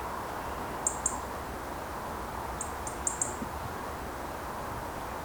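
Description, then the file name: European robin ticking calls: a quick pair of sharp clicks, a pause, then a rapid run of four ticks against soft background noise. "Erithacus rubecula"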